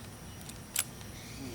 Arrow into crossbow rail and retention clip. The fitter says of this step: you hear it click you hear it clicking there you know it's good then we'll